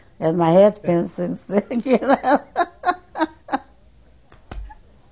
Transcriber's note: she laughs